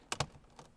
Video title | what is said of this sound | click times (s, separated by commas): Rennline PM01.59 ExactFit Phone Mount Installation - Mini F54 | bezel here and that also just snaps into place | 0.1 s, 0.2 s